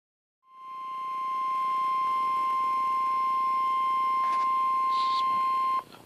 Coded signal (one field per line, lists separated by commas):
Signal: Emergency Alert System (SAME) tones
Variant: 1050 Hz attention tone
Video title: EAS #51 - Tornado Warning